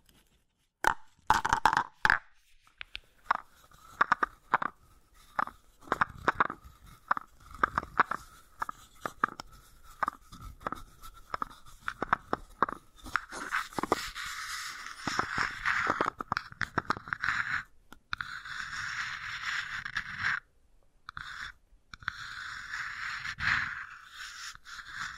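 Wooden ball sounds: sharp clicks and taps come quickly at first over a faint steady tone. After about thirteen seconds the sound turns to a denser, brighter rolling scrape with a rough, crunchy texture, broken by short pauses near eighteen and twenty seconds.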